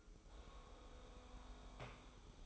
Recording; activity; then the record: daily activity, microphone in the room; make coffee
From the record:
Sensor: 1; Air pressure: 995.1 hPa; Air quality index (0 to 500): 35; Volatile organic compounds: 1 ppm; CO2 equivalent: 626 ppm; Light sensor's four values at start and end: 13/48/17/18 and 13/48/17/18